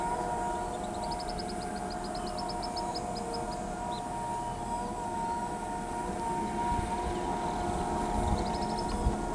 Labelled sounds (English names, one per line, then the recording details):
Tropical Kingbird
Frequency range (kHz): Tropical Kingbird 3.3-5.6 kHz
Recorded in pastures near Pivijay, Magdalena, Colombia, on 14 April 2023 at 14:00
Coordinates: 10.456, -74.369
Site P6-G026